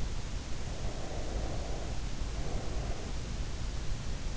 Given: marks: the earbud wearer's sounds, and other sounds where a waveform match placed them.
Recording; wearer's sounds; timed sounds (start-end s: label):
sounds in sleep by an in-ear microphone; breath
0.00-3.76 s: breath